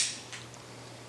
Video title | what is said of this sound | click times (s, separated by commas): Zofran Pump for HG | and you'll hear it click. | 0.3 s, 0.5 s